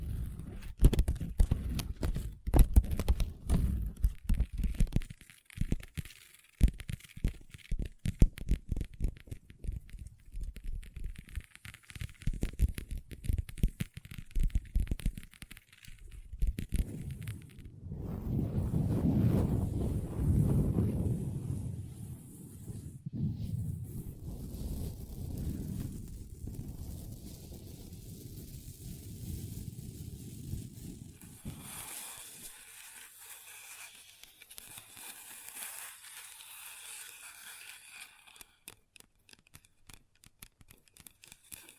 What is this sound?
Table Tapping & Scratching with Long Nails